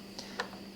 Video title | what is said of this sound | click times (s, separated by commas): Lifetime 8x7.5 Shed Assembly - Step by Step Plus the Problems | so now we go to the upside see this should just click into place like that the holes will line up | 0.2 s, 0.4 s